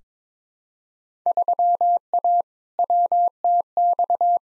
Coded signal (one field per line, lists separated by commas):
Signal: Morse code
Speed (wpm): 22 wpm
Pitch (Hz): 700 Hz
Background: none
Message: 3A WTX